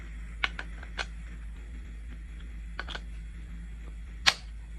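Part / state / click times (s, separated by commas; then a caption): torque driver on weapon light mount screw in polymer handguard / torque reached / 4.3 s. A torque-limiting driver tightens the M-LOK screws of a weapon light mount on the polymer handguard of a Beretta 1301 Tactical shotgun, set to 15 lb for polymer and moved back and forth between two screws to keep the tension even. Small sharp ticks are heard around 0.5, 0.6, 1.0 and 2.8 seconds as the screws are turned. The driver gives its loud click at its setting at 4.3 seconds.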